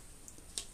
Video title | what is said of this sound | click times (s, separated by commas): How To Replace The Pull Cord ( Recoil Spring! ) On Honda Mowers, | And you'll feel it click on. | 0.6 s